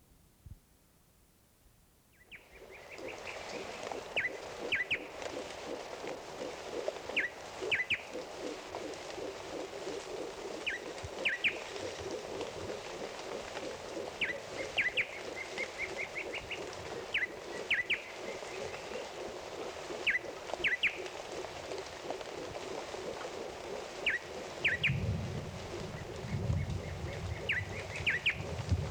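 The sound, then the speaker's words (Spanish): Short, high bird chirps repeat every few seconds in a Colombian forest over a steady hiss of falling rain, with a low rumble of thunder rising near the end. “La naturaleza, las aves, la lluvia, los truenos, el bosque.”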